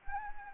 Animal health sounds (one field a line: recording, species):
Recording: mosquito wingbeat signal from an infrared sensor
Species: Anopheles gambiae